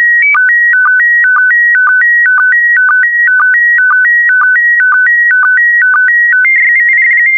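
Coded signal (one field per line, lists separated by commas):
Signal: SSTV (slow-scan television)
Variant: PD120 mode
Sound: warbling tone alternating two pitches with short low clicks about twice a second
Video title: (08 of 12) ISS Expedition 65 - MAI 75 June 2021 - Retransmission SSTV PD120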